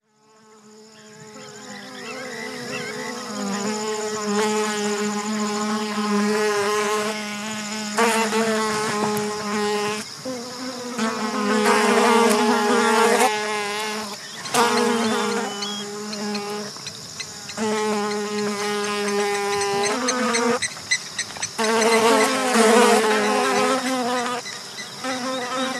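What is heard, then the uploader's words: A dense swarm of flies buzzes over a crocodile carcass on an open floodplain, fading in over the first few seconds and then holding as a thick, steady drone. Individual flies pass now and then, their wingbeats rising and dipping in pitch. Field Recording: Flies On A Crocodile Carcass. Not many animals seemed interested in it apart from a bevy of flies (and us). Recorded by Brian House. Sound Devices 702 digital recorder with Sennheiser 418 stereo shotgun microphone (M/S). Chief's Island, Okavango Delta. A crocodile carcass on the floodplain.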